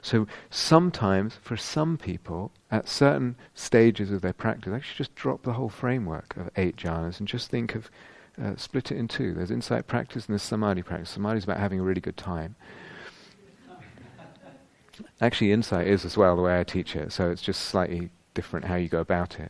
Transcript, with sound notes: So sometimes, for some people, at certain stages of their practice, actually just drop the whole framework of eight jhānas, and just think of, split it in two: there's insight practice, and there's samādhi practice. Samādhi is about having a really good time. [laughter] Actually, insight is as well, the way I teach it. So it's just slightly different how you go about it.